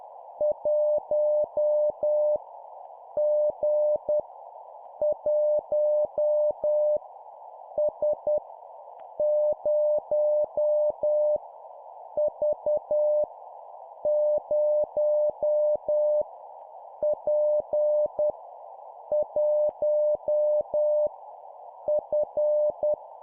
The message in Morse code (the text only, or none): 1 G 1 S 0 V 0 P 1 F